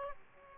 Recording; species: mosquito wingbeat signal from an infrared sensor; Aedes aegypti